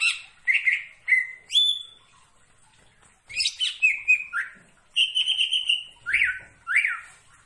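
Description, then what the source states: Leafbird song: loud varied whistled phrases, slurred notes and sharp rising-falling chirps in bursts separated by short pauses. Singing actively (gacor).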